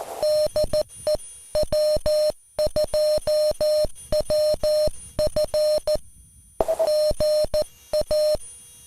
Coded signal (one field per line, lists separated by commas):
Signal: Morse code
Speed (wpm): 14 wpm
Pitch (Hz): 610 Hz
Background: music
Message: DE W2WF GA